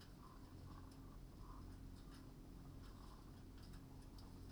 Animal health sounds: poultry house recording; healthy chickens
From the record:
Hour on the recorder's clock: 21

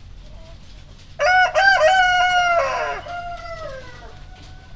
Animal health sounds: poultry house recording; healthy chickens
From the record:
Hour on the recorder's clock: 0

